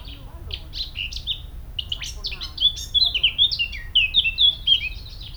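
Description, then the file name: Eurasian blackcap song: a soft, scratchy warbling chatter that builds into a run of loud, clear, fluty whistled phrases, with steady low background rumble. "Sylvia atricapilla"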